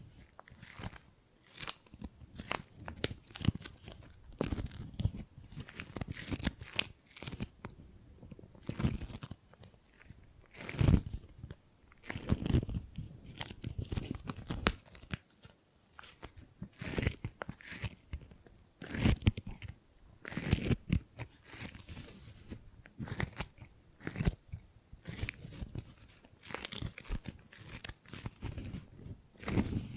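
Gripping and grabbing sounds: a steady stream of short crunchy, crinkling bursts, like hands clutching and squeezing material. The grabs come irregularly, several per second, some louder and sharper around the ten- and twelve-second marks, with brief quieter gaps between clusters.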